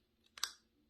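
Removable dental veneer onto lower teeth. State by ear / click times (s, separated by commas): seated / 0.4 s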